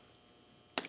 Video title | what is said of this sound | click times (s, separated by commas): 2015-2017 Ford XLT Cloth Install (Part 1) - Bottom Cover | and clips on into place like that when you have a good clip retainer clip | 0.8 s